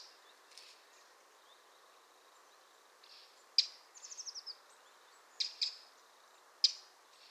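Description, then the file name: Eurasian wren calls: sharp high ticks spaced irregularly, with a short fast series of descending chip notes in the middle and a quick doubled tick later. "Troglodytes troglodytes"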